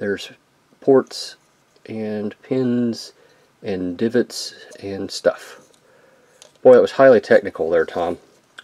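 A plastic shuttle piece of a small transforming toy figure, with pins and ports, is handled and lined up with its mating plastic toy piece while someone talks, with a few faint taps near the end. The clip ends before the pieces are pushed together, so nothing has seated or clicked yet.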